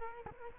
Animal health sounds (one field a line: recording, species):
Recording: mosquito wingbeat signal from an infrared sensor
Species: Culex quinquefasciatus